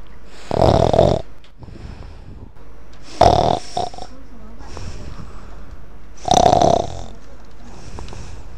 Adult snoring sound.